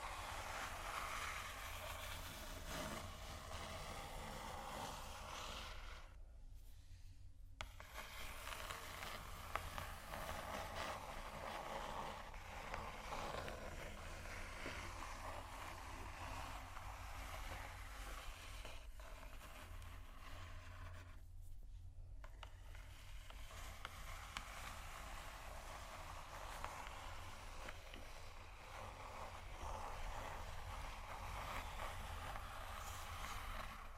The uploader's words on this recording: Slow, Deep & Soft Scratching (No Talking).